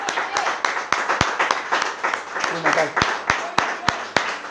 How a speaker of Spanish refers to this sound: Aplausos al Señor.